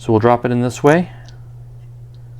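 Someone talks while a plastic module part for a DeAgostini ISS space station model (stage 37) is lined up by its notch and dropped, in the correct orientation, toward the square mounting socket. Only faint, quiet handling ticks follow in the near-silence. Nothing has seated or clicked yet.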